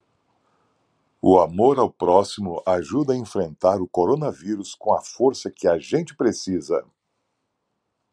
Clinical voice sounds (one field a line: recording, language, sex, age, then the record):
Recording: spoken sentence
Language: Brazilian Portuguese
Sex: male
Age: 50 to 59 years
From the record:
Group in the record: control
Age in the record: 57 years